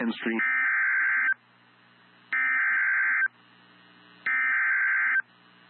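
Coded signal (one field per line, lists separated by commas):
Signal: Emergency Alert System (SAME) tones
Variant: header bursts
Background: speech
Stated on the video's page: Severe Thunderstorm Warning from NWS Sioux Falls, received on NOAA Weather Radio station WXM28.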